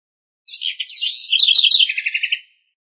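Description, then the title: House wren singing a two-second burst of tumbling, scratchy high notes that runs into a rapid, slightly lower rattling trill at the end. "cURRUIRA"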